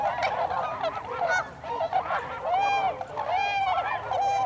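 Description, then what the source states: Tundra swans honking, with several drawn-out, arched hooting calls standing out clearly over the steady background chatter of many other swans. Recorded 26 December 2020; several swans.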